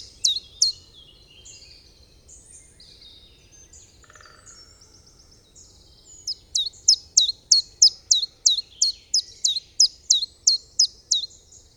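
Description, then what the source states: Common chiffchaff song: a few high notes and other soft sounds, then after a pause a fast series of many sharp, downslurred notes. Recorded on 15 April 2007.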